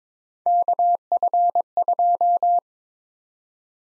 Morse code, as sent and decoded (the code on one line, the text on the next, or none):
-.- ..-. ..---
KF2